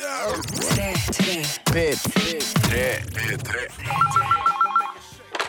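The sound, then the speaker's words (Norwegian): A telephone rings with a repeated, warbling electronic trill, a steady alternating tone heard toward the end, with voices and other busy sound going on underneath. “Det er drittungen din fra Horebyen Stavanger som ringer deg.”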